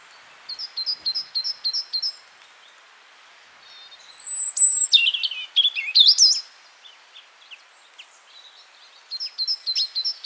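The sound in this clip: Great Tit calls: quick high repeated notes, then a louder burst of varied rapid notes, ending with another short run of high notes.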